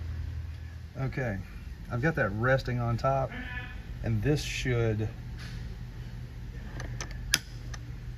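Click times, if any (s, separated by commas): 7.3 s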